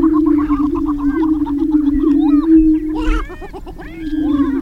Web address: Gallinaceous Gr Prairie Chicken